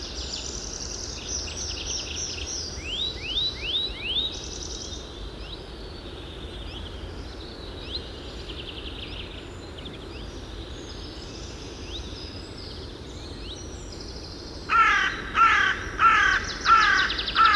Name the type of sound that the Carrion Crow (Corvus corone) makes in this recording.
call